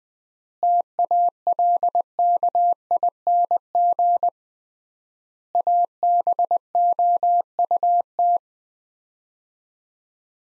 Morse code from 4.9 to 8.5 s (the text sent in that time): ABOUT